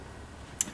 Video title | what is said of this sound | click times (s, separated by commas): How To Install Graco Extend2Fit Convertible Car Seat Front-Facing | lap belt and you're gonna pull on this lap belt until you hear that click you | 0.6 s